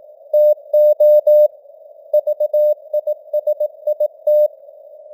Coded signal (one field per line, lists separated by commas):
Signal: Morse code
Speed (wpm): 18 wpm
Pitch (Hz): 600 Hz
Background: none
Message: TO VISIT